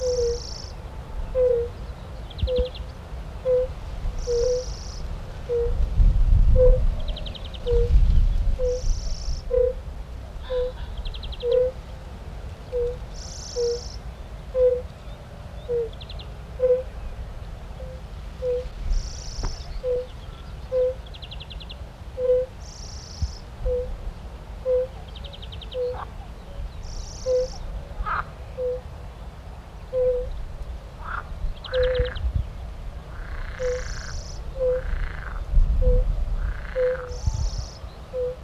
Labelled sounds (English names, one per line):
Fire-Bellied Toad call